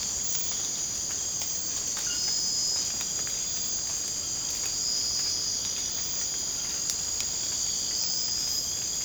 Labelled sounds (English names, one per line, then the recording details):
none
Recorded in secondary vegetation near Puerto Asís, Putumayo, Colombia, on 19 March 2025 at 02:00
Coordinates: 0.485, -76.322
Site G040